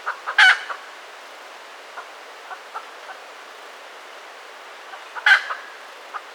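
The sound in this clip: Red junglefowl giving two loud harsh squawks about five seconds apart, with a few faint scattered clucks between them.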